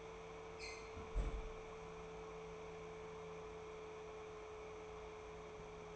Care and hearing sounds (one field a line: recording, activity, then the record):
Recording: daily activity, microphone in the room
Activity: close fridge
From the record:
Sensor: 1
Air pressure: 1014.9 hPa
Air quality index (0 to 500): 193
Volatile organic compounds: 21 ppm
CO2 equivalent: 2732 ppm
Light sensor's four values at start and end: 10/25/10/11 and 10/25/10/11